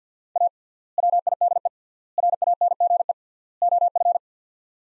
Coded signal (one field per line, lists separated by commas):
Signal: Morse code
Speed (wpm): 50 wpm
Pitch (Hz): 700 Hz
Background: none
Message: A WIDE RANGE OF